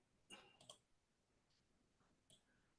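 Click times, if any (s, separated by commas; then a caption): 0.6 s, 0.7 s. A display cable plug with two small latching teeth is pushed into the port of a newly installed graphics card, where a good connection gives a click sound. Sharp clicks are heard at 0.6 s and 0.7 s, with a few fainter handling noises around them. The plug seats and latches in.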